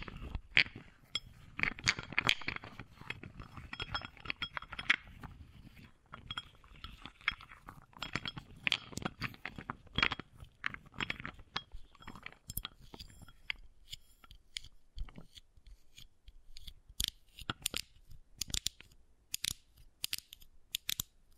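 Wooden balls click and clatter in rapid, dense bursts, thinning after twelve seconds into sparser, sharper knocks and rattles spaced a second or two apart.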